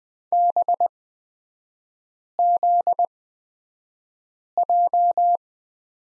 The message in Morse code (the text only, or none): BZJ